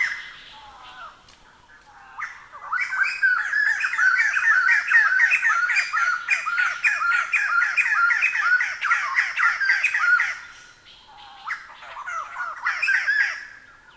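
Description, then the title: White-crested laughingthrush giving loud cackling of rapid chattering notes. It swells after two seconds, holds steady until ten, then breaks off into a shorter burst. "White-crested Laughingthrush (Garrulax leucolophus)"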